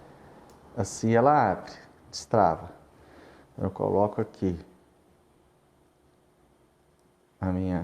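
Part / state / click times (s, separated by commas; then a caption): Robinson prophylaxis brush into dental contra-angle handpiece / not seated / none. After the latch on a dental contra-angle handpiece is unlocked, a Robinson prophylaxis brush is placed in the head of the handpiece while someone talks. The brush is only lined up in the head; nothing has seated or clicked yet.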